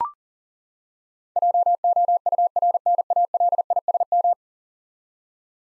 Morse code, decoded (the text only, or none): JOURNALISM